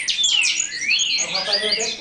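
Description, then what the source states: Green-winged saltator song: a long whistled note sliding downward, then a rising slur, among busy high chirps. Bird from Brazil.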